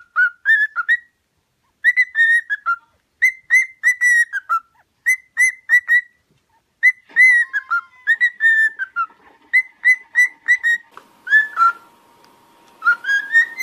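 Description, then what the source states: Cockatiel whistled song: repeated phrases of clear whistled notes in short groups separated by brief pauses, with a steady tone near the end. Song for training cockatiels.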